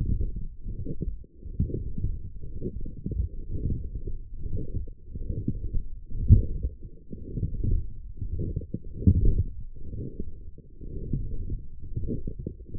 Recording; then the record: forearm muscle sounds (acoustic myography)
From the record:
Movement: forearm pronation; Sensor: system 1, eight BSWA MPA416 microphones around the upper forearm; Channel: 7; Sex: male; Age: 23 years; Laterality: right